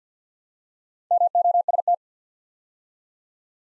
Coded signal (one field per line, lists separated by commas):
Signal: Morse code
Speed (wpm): 49 wpm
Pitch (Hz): 700 Hz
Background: none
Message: MOST